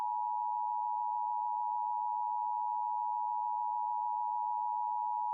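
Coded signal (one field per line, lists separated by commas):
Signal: Emergency Alert System (SAME) tones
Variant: 853 and 960 Hz attention tone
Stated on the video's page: Fictitious mock tornado warning with valid EAS tones, made in 1990s/2000s Black EASyPLUS style.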